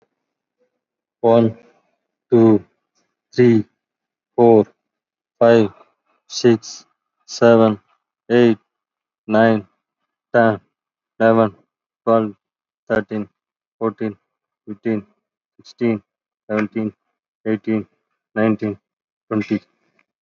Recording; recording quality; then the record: counting at a normal pace; excellent, no background noise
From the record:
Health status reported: COVID-19 positive, moderate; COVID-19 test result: positive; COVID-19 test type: RT-PCR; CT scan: taken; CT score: 13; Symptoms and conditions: cough, cold, breathing difficulty, fever, fatigue, muscle pain, another respiratory illness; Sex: male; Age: 51 years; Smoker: no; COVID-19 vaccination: one dose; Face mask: worn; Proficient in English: yes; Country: India